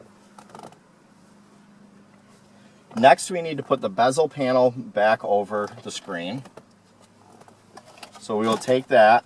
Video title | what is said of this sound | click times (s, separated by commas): Add Factory Navigation to MyFord Touch - 2011 - 2014 Ford Edge | do that with the label facing up and push it until it clicks into place | 0.4 s